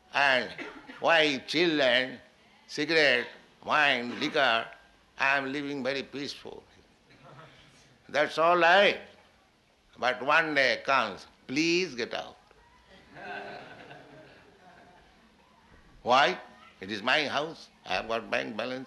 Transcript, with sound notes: and wife, children, cigarette, wine, liquor, "I am living very peaceful." That's all right. But one day comes, "Please get out." [laughter] "Why? It is my house, I have got bank balance.